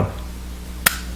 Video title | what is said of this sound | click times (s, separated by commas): Nokia Lumia 900 Unboxing and Quick Look | down and you'll notice that that pops up | 0.9 s